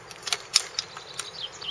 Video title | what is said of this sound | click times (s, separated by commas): SportsMast Filming System Set Up | you have a quick-release mechanism for the tripod legs which snap into place for stability and safety | 0.3 s, 0.6 s, 0.8 s